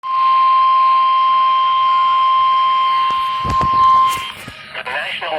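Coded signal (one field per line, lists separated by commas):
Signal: Emergency Alert System (SAME) tones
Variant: 1050 Hz attention tone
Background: speech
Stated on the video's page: Severe thunderstorm warning from a Harrisburg weather radio transmitter received on a Midland WR-120EZ radio, issued by the State College office.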